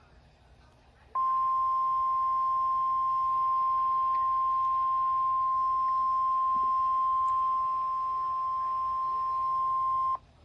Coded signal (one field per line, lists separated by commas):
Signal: Emergency Alert System (SAME) tones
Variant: 1050 Hz attention tone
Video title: EAS Minnesota Statewide Tornado Drill (Required Weekly Test) - WXM99 | Apr 11, 2024 - 1:45 PM CDT